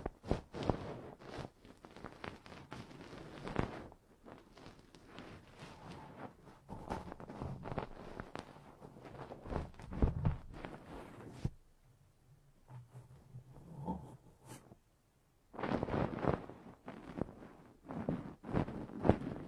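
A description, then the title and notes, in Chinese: Ear-cleaning sounds: dense crackling and scratching rubs, pausing into near-quiet with a faint low rumble around 12–15 seconds, then returning just as busy. 8D掏耳朵！360° 环绕触发。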